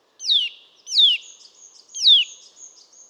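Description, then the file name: Eurasian nuthatch giving three downslurred calls in steady succession, with faint high chirping notes trailing between them. "Sitta europaea"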